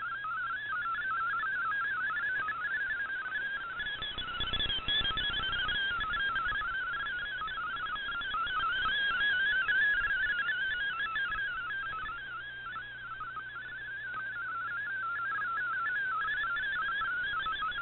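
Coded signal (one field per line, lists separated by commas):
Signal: multi-tone FSK (Olivia or MFSK type)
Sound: rapid warbling tone hopping between nearby pitches, steady and continuous like a burbling melody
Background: radio static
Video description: Here is my decode of the Shortwave Radiogram broadcast today on 7780Khz shortwave radio at 2030UTC in MFSK32 and 64 and with 8 SSTV images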